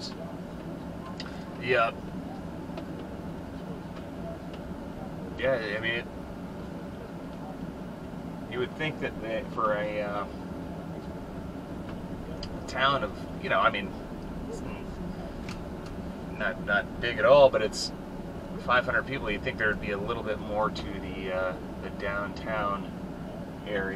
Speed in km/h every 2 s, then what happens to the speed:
21, 23, 24, 23, 21, 21, 24, 26, 24, 24, 26, 23.
0-24 steady at about 23.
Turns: none.